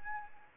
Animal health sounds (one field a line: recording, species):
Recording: mosquito wingbeat signal from an infrared sensor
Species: Anopheles arabiensis